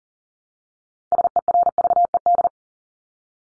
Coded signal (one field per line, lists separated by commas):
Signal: Morse code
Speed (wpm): 40 wpm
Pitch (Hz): 700 Hz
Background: none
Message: SERVED